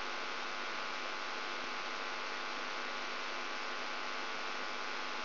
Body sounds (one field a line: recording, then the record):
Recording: brain microelectrode recording played as sound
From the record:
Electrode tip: outside the subthalamic nucleus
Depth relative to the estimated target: -8 mm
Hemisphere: right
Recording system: AlphaMap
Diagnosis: Parkinson's disease